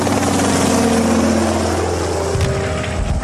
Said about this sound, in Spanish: El helicóptero demostró ser un salvavidas, a pesar de que su enorme motor de pistón limitaba su potencial.